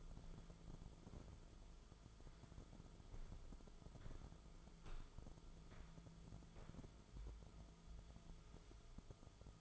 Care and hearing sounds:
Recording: daily activity, microphone in the room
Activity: walk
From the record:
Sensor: 5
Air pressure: 1005.5 hPa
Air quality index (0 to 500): 98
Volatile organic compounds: 2 ppm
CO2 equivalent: 1193 ppm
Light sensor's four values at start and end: 33/77/31/29 and 34/77/31/29

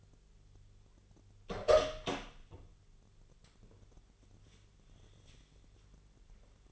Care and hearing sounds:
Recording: daily activity, microphone in the room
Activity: open door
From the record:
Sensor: 4

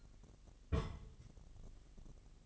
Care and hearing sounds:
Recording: daily activity, microphone in the room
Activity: place on stove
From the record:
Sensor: 4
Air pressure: 1000.1 hPa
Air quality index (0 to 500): 227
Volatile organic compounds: 29 ppm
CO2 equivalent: 2933 ppm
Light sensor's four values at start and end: 9/20/8/7 and 9/20/8/7

